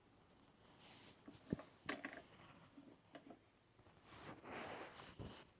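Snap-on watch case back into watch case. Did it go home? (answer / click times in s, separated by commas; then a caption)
no / none. A bench case press is screwed down to refit a snap-on metal case back onto a vintage watch case, giving small taps and creaks, with sharper ticks around 1.5, 1.9 and 2.1 seconds and a soft rustling wash near the end. The case back has not clicked home yet.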